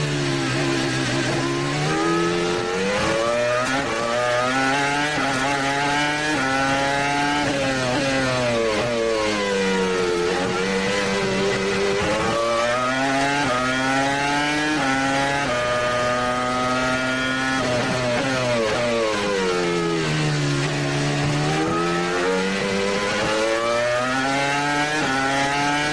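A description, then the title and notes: A Formula One race car's engine screams without pause, its high whine sweeping up through the gears and dropping sharply on downshifts, around 7, 12 and 20 seconds. The rising and falling pitch repeats in quick cycles, loud and dense throughout. Formula One Race Car.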